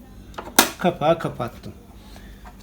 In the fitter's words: I clicked the bobbin case into place.